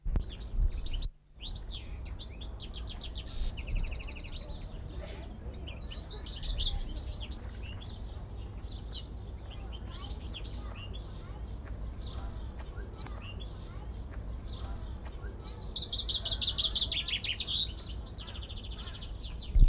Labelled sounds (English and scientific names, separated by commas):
Common Chaffinch (Fringilla coelebs)